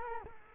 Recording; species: mosquito wingbeat signal from an infrared sensor; Culex quinquefasciatus